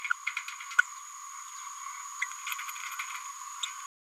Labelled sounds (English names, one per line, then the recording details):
Green-rumped Parrotlet babbling
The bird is a male
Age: 32 days
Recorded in a nest box in Venezuela
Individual 17B102A4